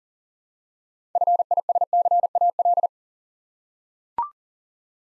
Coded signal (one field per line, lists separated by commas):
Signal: Morse code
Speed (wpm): 43 wpm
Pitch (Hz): 700 Hz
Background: none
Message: FISCAL